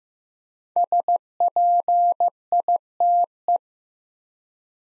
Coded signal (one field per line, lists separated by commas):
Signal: Morse code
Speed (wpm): 15 wpm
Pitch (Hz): 700 Hz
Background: none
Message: SPITE